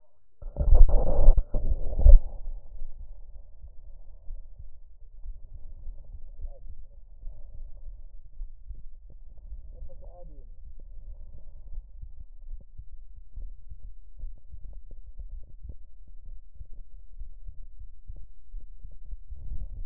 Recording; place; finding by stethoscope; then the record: heart sounds by stethoscope; aortic valve (AV); normal heart sounds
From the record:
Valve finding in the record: aortic regurgitation, grade 1, sclerotic aortic valve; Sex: female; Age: 69 years